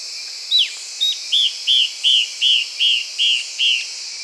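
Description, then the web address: Yellow-browed antbird song, a steady series of about nine short, arched whistled notes, each roughly 0.4 seconds apart, over a constant high hiss. "Yellow browed antbird. صدای-پرنده-مورچه-مرغ-ابرو-زرد"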